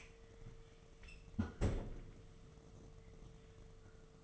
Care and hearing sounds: daily activity, microphone in the room; close fridge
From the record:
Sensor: 4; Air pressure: 1015.9 hPa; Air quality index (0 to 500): 192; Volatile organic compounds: 10 ppm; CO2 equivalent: 2215 ppm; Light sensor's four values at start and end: 13/29/12/14 and 17/40/17/18

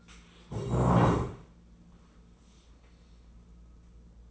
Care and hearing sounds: daily activity, microphone in the room; stand up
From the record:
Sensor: 1

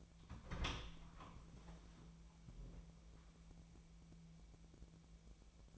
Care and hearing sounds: daily activity, microphone in the room; open door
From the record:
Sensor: 1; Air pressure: 1000.4 hPa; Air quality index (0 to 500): 181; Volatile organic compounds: 4 ppm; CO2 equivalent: 1673 ppm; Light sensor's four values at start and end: 12/29/12/14 and 13/30/13/14

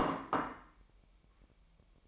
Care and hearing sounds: daily activity, microphone in the room; place plate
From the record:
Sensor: 1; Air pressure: 1002.0 hPa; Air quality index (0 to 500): 244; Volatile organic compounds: 49 ppm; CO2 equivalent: 3278 ppm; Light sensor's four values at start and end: 8/28/10/11 and 8/28/10/11

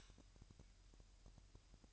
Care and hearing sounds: daily activity, microphone in the room; light off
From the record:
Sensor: 2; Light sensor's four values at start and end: 9/26/10/10 and 4/10/4/4

